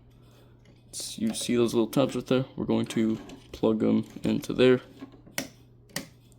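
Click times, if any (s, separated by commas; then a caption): 5.4 s, 6.0 s. Someone talks while the small plastic tabs on the back of a Transformers Shockwave action figure are plugged into their slots during its transformation. Two sharp clicks follow at 5.4 s and 6.0 s, and the tabs are seated and secure.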